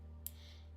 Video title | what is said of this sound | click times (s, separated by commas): VZ Bot Build - Electronics! - Mellow VZ-235 Live 04 | I don't think it's seated fully. | 0.3 s